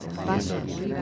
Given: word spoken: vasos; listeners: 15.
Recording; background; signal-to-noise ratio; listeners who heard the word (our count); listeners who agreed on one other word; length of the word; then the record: one Spanish word in noise, from a listening test; eight-talker babble; -2.0 dB; 0 of 15; 13 of 15; 0.62 s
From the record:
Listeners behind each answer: 13, 2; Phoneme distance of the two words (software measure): 10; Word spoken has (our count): 2 syllables, 5 phonemes, stress on syllable 1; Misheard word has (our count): 2 syllables, 5 phonemes, stress on syllable 1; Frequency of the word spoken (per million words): 17.64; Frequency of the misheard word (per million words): 72.16